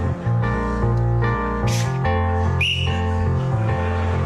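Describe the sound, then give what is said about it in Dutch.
A leader blows a whistle in a short, shrill blast that rises briefly above steady, sustained music with low droning tones underneath. “En je weet als straks de vloed komt, blaast de leider op zijn fluit.”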